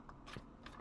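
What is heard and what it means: The plastic wheel-height adjuster on the axle of an Acid Rain World 303 Marine Mobile Arsenal Trailer, a 1:18 scale toy trailer, is ratcheted by hand. Sharp clicks come at 0.1 s and 0.7 s as the joint seats into its detent notches, with a brief scraping sound around 0.3 s between them.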